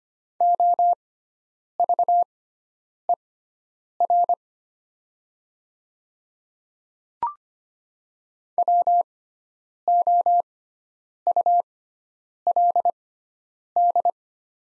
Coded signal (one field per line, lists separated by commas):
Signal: Morse code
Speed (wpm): 25 wpm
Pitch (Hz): 700 Hz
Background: none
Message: OVER WOULD